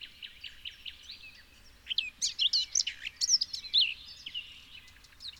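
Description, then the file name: Eurasian blackcap song: soft, scratchy chatter that breaks into a louder burst of rich, fluty warbling for about two seconds, then fades back to quiet twittering. "Sylvia atricapilla"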